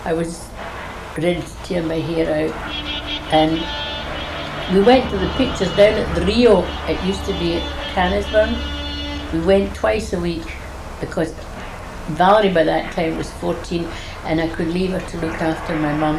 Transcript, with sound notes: I was ready to tear my hair out. We went to the pictures, down at the Rio, [noise of car horn outside] it used to be at Canniesburn. We went twice a week because Valerie by that time was fourteen and I could leave her to look after my mum.